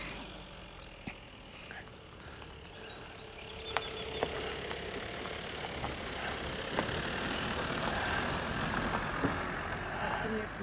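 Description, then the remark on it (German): A car approaches with its engine running, a broad rumbling hiss that builds steadily louder over several seconds, dotted with a few sharp clicks. “Da kommt ein Auto.”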